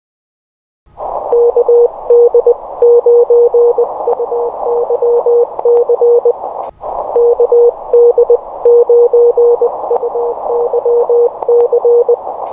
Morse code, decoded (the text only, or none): KD9UYC KD9UYC